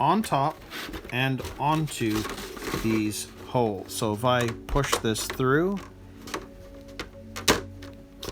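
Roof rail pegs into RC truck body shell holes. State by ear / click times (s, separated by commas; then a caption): seated / 7.0 s, 8.2 s. Someone talks while pushing the pegs on the underside of a plastic roof rail through the holes in the polycarbonate body shell of a Tamiya Ford Bronco 2021 RC truck. Sharp clicks are heard at 7.0 s and 8.2 s as the pegs seat into place.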